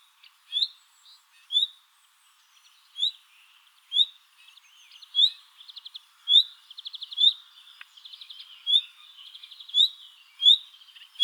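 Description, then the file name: Common nightingale repeating sharp rising whistles, interspersed with soft buzzy, stuttering notes. "Luscinia megarhynchos"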